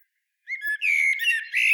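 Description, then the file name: Common blackbird call: a short, slightly buzzy whistled note that holds steady, followed by a rougher, squawking phrase. "Turdus merula"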